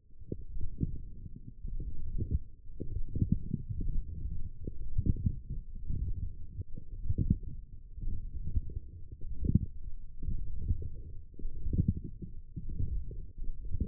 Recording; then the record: forearm muscle sounds (acoustic myography)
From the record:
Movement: forearm pronation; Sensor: system 1, eight BSWA MPA416 microphones around the upper forearm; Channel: 4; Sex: male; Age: 20 years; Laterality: left